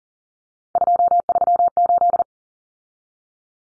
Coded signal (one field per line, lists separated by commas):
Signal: Morse code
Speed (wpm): 40 wpm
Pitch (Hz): 700 Hz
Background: none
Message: 238